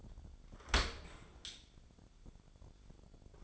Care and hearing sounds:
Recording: daily activity, microphone in the room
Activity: open dishwasher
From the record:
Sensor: 5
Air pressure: 1006.7 hPa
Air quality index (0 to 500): 188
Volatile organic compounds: 5 ppm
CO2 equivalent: 1790 ppm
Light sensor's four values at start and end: 53/148/58/59 and 54/149/59/59

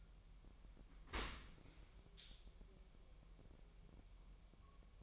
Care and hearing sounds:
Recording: daily activity, microphone in the room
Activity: open dishwasher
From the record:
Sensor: 1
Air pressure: 1000.6 hPa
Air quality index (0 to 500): 247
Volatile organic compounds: 143 ppm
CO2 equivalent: 3990 ppm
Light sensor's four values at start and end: 11/28/11/12 and 11/28/11/12

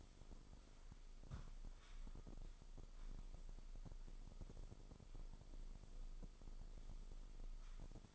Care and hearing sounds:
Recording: daily activity, microphone in the room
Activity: sweep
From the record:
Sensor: 5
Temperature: 24.6 degrees Celsius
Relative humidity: 32.2%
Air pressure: 996.1 hPa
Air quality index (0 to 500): 100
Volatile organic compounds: 6 ppm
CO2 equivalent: 1921 ppm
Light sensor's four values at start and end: 45/109/45/48 and 45/109/45/48

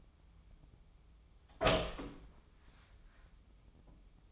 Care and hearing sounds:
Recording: daily activity, microphone in the room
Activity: open door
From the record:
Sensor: 1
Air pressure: 1004.9 hPa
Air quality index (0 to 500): 73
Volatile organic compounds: 1 ppm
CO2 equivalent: 966 ppm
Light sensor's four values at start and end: 9/23/9/10 and 10/24/9/10

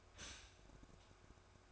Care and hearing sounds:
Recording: daily activity, microphone in the room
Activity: stop toaster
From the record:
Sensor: 2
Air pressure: 1004.1 hPa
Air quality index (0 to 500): 193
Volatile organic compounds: 11 ppm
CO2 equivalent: 2307 ppm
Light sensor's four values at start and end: 4/10/4/4 and 4/10/4/4

